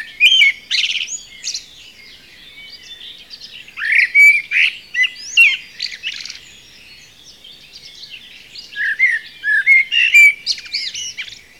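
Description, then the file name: Common blackbird song in three bursts of whistled and high, squeaky twittering notes. "Turdus merula"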